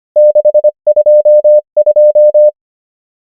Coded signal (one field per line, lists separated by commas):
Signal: Morse code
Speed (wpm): 25 wpm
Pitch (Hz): 600 Hz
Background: none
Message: 6 2 2